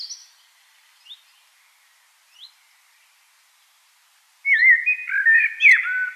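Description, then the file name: Common blackbird: a few faint thin upslurred notes, then a loud flowing warble with a buzzy, squeaky ending. "Turdus merula"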